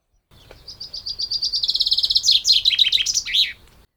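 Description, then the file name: Common chaffinch song: repeated crisp high chips quickening into a rapid trill, finishing with a cascading, falling terminal phrase, heard against a quiet background. "Fringilla coelebs"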